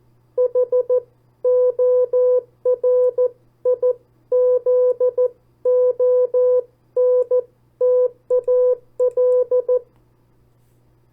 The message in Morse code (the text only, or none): HORIZONTAL